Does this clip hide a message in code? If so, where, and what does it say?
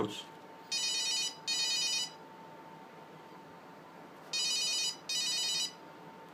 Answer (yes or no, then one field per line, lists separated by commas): no